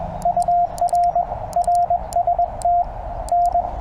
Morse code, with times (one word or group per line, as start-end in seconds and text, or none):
0.3-1.2 UR
1.6-2.8 RST
3.3-3.6 N